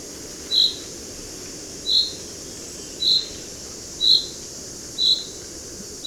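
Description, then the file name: Common chaffinch calling with clipped high notes at a steady pace of about one per second, six notes in all, over faint continuous noise. "Fringilla coelebs"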